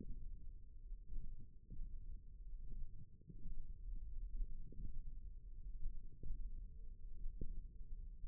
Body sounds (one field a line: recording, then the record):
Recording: forearm muscle sounds (acoustic myography)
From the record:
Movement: hand opening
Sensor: system 1, eight BSWA MPA416 microphones around the upper forearm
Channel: 4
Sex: female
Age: 21 years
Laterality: right